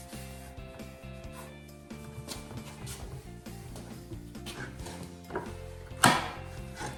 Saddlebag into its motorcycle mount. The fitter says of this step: Even though it's snapped into place, I want to double check that it's locked onto the bike.